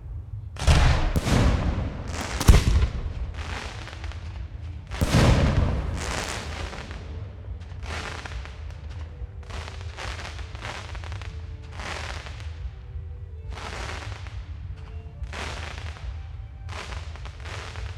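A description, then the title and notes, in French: Fireworks go off in a steady string of sharp bangs and crackles, roughly one or two bursts per second across the whole stretch. The loudest, boomiest blasts come early, near the first few seconds and again around five seconds, over a constant low rumble. Feux d'artifices.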